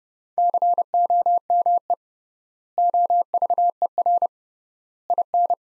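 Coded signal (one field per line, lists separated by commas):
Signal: Morse code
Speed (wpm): 30 wpm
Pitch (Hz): 700 Hz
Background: none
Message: COME OVER IN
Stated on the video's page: Morse practice of sentences from the top 300 words at 30 wpm with 3x word spacing, a method analogous to Farnsworth.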